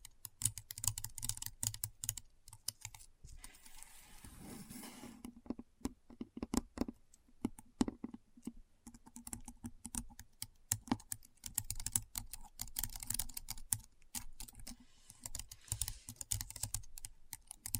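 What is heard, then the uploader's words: Keyboard typing for ASMR: a dense, fast stream of sharp key clicks with a low thump under many strokes, running almost the whole time. Around four to five seconds the tapping thins into a softer, steadier hiss before quick typing resumes. ASMR Keyboard Sounds (No Talking).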